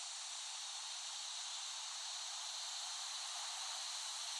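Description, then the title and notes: Cicadas making a continuous hissing buzz, spread broadly and unchanging throughout, with no pauses. Cicadas recorded by Dan Bodah in West Brighton, Staten Island, in late summer 2008. "Recording of cicadas made by Dan Bodah in West Brighton, Staten Island, late summer 2008."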